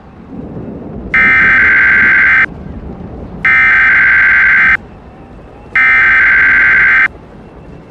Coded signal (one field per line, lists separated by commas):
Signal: Emergency Alert System (SAME) tones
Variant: header bursts